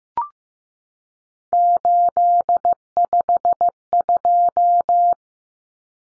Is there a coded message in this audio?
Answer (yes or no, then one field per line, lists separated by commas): yes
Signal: Morse code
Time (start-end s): 1.5-5.1 s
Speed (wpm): 15 wpm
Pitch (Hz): 700 Hz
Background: none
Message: 852